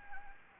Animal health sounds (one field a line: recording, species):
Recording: mosquito wingbeat signal from an infrared sensor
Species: Anopheles gambiae